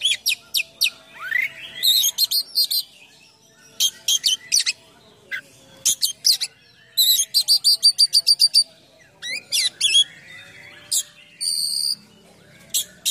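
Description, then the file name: Oriental magpie-robin song: long varied sequence of sharp chips, rapid trills and whistles, including a steady high whistled note near the end. Full song with many imitated phrases (gacor, full isian), described as luxurious. "KACER GACOR FULL ISIAN MEWAH"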